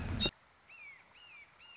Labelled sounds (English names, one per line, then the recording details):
Red-shouldered Hawk
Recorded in Sonoma County, California